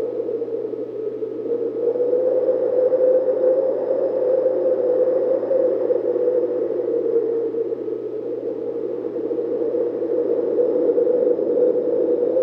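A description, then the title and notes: Polar wind blows steadily for the whole stretch, a hollow, droning rush centered in the low middle range with no gusts or breaks. A faint low hum runs constantly underneath, and a thin, quiet whistle lingers in the background. Blowing Polar Winds.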